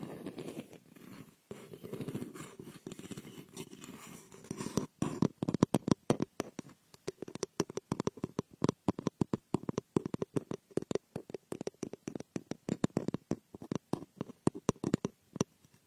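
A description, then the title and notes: Fingers pick and scratch at a frosted bath ball, starting as soft rustling, then turning after five seconds into rapid, sharp, crackly clicks. Frosted Bath Ball Ear Picking Experience.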